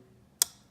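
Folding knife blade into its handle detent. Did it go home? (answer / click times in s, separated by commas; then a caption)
yes / 0.4 s. A Civivi Statera folding knife's steel blade is closed into its handle, where it snaps shut on a pretty decent detent. After near silence with a faint low hum, a single sharp, bright click lands at 0.4 s, followed by a brief high-pitched ring that fades quickly. The blade is seated closed in the detent.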